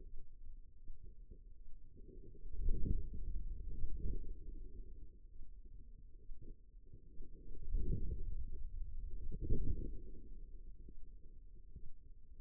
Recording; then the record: forearm muscle sounds (acoustic myography)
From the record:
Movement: pen grasping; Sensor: system 2, bracelet of six BSWA MPA416 microphones around the upper forearm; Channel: 3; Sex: female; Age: 25 years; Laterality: right